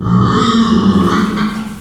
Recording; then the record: squeal of a Yucatan mini pig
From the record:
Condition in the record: after surgery on the right vocal fold (resection and tissue-engineered implant); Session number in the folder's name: 16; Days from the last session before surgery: 183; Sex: female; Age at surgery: 19 weeks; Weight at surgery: 25 kg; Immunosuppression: prednisolone